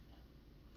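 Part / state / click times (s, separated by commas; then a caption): suction cup mount into dash cam bracket / not seated / none. A suction cup mount is handled against the bracket of a Jataza CarPlay Android Auto car DVR dash cam, producing only faint, steady low rustling with no sharp transients. Nothing has seated or clicked yet; the clip ends before the mount locks into place.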